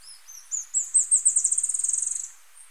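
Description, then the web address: Rufous-rumped antwren giving a high, sibilant accelerating series: a few spaced upslurred notes that run into a fast, fading trill lasting roughly one second. Recorded in Ecuador. "Birds of Ecuador. Rufous-rumped Antwren"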